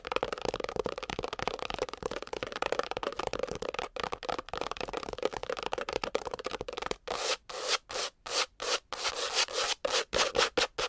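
Fast, dense scratching of long nails, a busy papery rasp with a steady mid tone for the first seven seconds. After that it turns into bursts of louder, brighter scratching separated by short silences, coming about twice a second.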